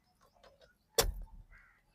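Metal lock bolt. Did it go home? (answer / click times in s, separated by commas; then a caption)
released / 1.0 s. An ignition key is inserted and turned to ACC in a car, releasing the steering column lock. After a few faint, soft sounds, a sharp click rings out at 1.0 s, followed by a brief low rumble that fades away. The steering column lock is released and the steering is unlocked.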